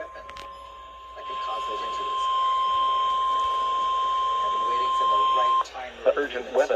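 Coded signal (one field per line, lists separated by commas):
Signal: Emergency Alert System (SAME) tones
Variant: 1050 Hz attention tone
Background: speech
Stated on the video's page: Real alerts from a derecho event; the weather radio system relayed alerts late.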